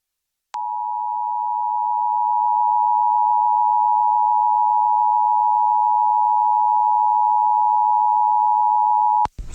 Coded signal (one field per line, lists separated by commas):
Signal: Emergency Alert System (SAME) tones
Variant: 853 and 960 Hz attention tone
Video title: Portland Required Monthly Test of EAS on 100.3 FM (May 5th 2023 & 10:15 AM PST)